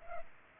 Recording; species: mosquito wingbeat signal from an infrared sensor; Culex pipiens